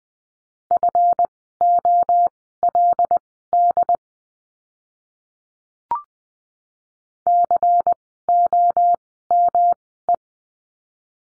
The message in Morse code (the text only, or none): FOLD COME